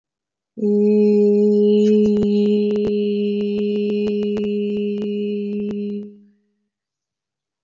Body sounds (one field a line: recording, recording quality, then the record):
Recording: sustained vowel as in beet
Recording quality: excellent, no background noise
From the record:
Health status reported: healthy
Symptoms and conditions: none ticked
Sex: female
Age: 27 years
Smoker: not ticked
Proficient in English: yes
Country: India